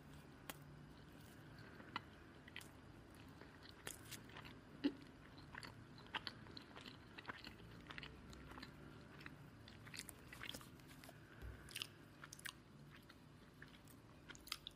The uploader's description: A PERSON EATING